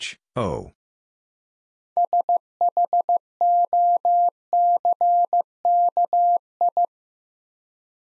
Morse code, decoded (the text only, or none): SHOCKI